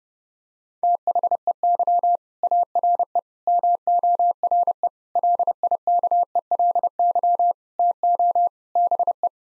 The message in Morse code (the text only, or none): THEY ARE MORE LIKELY TO BE